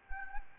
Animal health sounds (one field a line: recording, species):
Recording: mosquito wingbeat signal from an infrared sensor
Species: Anopheles gambiae